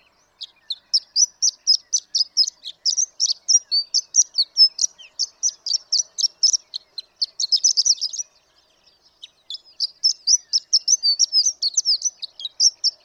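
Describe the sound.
Horned lark delivering high, tinkling chips in quick succession, growing busier and more jumbled before a short silence and a renewed run of notes.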